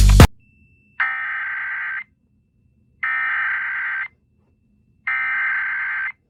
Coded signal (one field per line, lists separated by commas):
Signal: Emergency Alert System (SAME) tones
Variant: header bursts